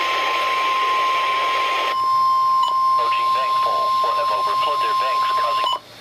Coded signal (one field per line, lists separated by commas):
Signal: Emergency Alert System (SAME) tones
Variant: 1050 Hz attention tone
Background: speech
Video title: EAS #712: Tornado Watch #293 (6/10/2013)